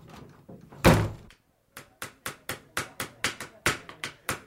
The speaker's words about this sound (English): Hammering, Penny! Yeah, I can see that. Hammering what? I don't know. So you're just hammering? Yes, good fun.